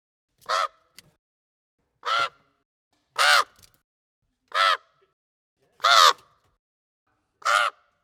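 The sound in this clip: Common raven uttering six harsh, throaty caws in an uneven series.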